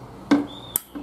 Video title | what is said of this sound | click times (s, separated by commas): Cara Setting ONLINE DVR Dahua - How to Online DAHUA DVR | seperti ini sampai muncul bunyi klik seperti itu | 0.8 s